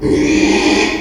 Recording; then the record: squeal of a Yucatan mini pig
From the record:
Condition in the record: after surgery on the right vocal fold (resection and tissue-engineered implant); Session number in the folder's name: 2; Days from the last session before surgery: 13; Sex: male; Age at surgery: 12 weeks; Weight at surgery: 13 kg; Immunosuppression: cyclosporine, prednisolone